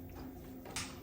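On a Mercedes-Benz S600 (W221) V12, a coolant hose is pushed back onto its fitting on the intercooler circuit drain. The quick-connect clicks home at 0.8 s as a short, sharp click over a low steady hum, and it is seated flush against the base.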